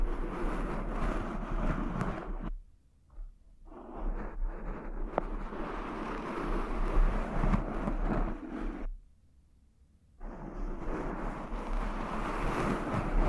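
Cork is rubbed and scratched in dense, rustling strokes with a gritty, crackly texture and occasional sharp ticks. The sound stops twice, briefly around the third second and again near the ninth, before resuming. A low steady hum runs underneath throughout.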